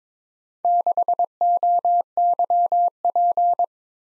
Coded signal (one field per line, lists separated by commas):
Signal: Morse code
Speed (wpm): 22 wpm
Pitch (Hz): 700 Hz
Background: none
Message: 6OYP